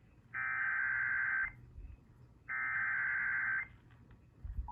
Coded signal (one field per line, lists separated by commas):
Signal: Emergency Alert System (SAME) tones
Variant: header bursts